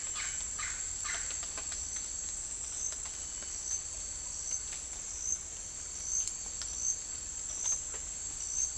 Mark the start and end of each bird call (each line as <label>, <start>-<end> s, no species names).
bird call, 0.00-1.37 s